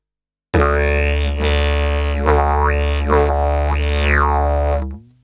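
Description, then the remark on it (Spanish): A steady, low didgeridoo drone with buzzy overtones, shaped by the mouth forming long vowel sounds into three sweeping 'wah'-like vowel changes over about five seconds, played alone with no voice. “Usando los sonidos vocales en larga pronunciación, A, E, I, O, U, usted puede dramáticamente alterar la forma del zumbido. Esto se hace sin la voz. Usted simplemente forma los sonidos con su boca.”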